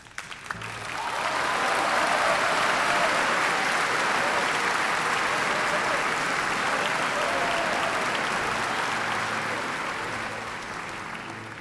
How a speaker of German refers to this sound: im dritten Akt wurde wieder von donnerndem Applaus begleitet.